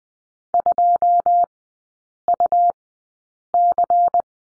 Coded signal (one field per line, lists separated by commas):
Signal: Morse code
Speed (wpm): 20 wpm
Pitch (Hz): 700 Hz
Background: none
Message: 2UC